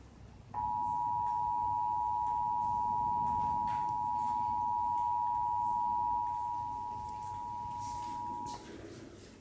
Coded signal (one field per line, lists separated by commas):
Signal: Emergency Alert System (SAME) tones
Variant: 853 and 960 Hz attention tone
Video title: EAS#7-8 NATIONAL PERIODIC TEST KCBS 9/28/16